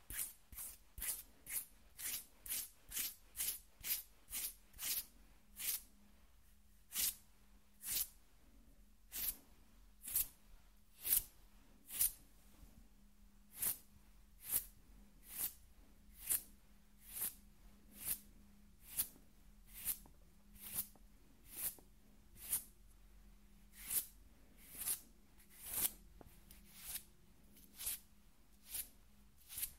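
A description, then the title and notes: Skin scratching in short, sharp strokes, about one per second for the whole half-minute, each a bright scrape of fairly even loudness. The pace runs quicker at the start, then settles into a regular rhythm. Under it sits a faint, steady low hum. ASMR Skin Scratching 1 Hour (No Talking).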